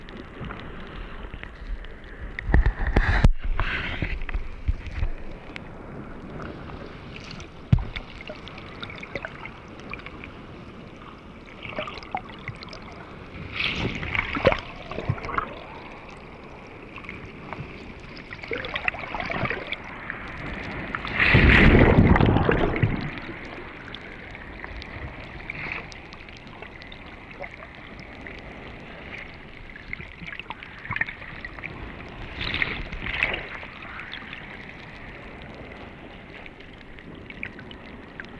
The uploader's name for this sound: In the underwater world